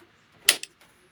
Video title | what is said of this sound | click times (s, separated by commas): Candy Tumble Dryer Error E21 Fixed | you heard that click in place. | 0.5 s